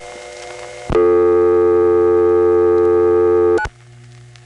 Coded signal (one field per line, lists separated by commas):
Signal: telephone call progress tone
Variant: North America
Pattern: dial tone